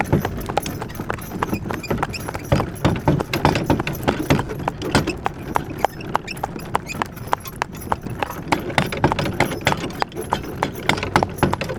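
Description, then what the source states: Horse hooves clopping steadily while a wooden wagon rattles and clatters with metallic jingling throughout, a dense continuous rumble underneath. Horse pulling a wagon with lots of wooden and metal rattle.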